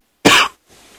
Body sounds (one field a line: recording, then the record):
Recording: coughing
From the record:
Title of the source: 64 coughing, allergies, singing lungs